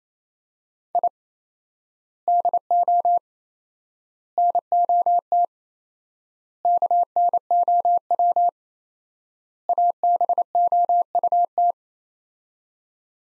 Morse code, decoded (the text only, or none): I DO NOT KNOW ABOUT